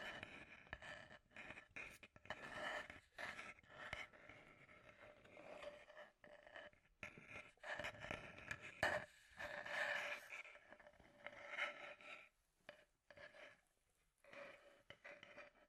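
Scratchy tapping comes in short, irregular bursts of rough, hissy scraping broken by brief silences throughout. The sound is mostly bright and papery with a faint steady tone underneath, and a few sharper clicks stand out around nine to twelve seconds.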